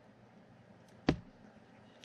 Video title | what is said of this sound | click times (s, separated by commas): 1981 Chevrolet Camaro Z/28 by Revell - Episode 25 | really do kind of just snap when you push them down you're going to hear a snap | 1.1 s